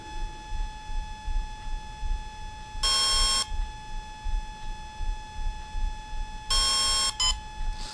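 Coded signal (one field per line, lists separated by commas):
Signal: beep code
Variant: Volcano ESC programming menu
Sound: buzzy harmonic beeps: one long, later another long then one short beep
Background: steady electronic whine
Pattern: 1 long, 1 short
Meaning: Menu item six: timing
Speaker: so that was timing a long beat followed by a short one that was step six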